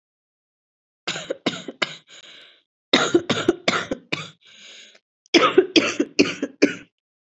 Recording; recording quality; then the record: shallow voluntary cough; excellent, no background noise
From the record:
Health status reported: COVID-19 positive, mild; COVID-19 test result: positive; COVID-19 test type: RT-PCR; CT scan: not taken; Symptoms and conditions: cough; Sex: female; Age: 29 years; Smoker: no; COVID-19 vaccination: both doses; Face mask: not worn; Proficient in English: yes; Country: India